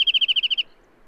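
Bird song: a quick burst of eight identical pulsed notes, ending abruptly after under a second, then quiet.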